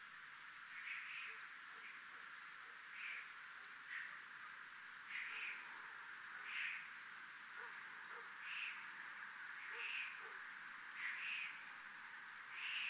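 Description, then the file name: Cricket chirping: a persistent shrill pulsing trill, with breathy hissing swells roughly every second and a half and faint low ticks. Recorded in a military zone. "zona militar crickets"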